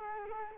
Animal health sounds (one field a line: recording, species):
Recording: mosquito wingbeat signal from an infrared sensor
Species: Culex quinquefasciatus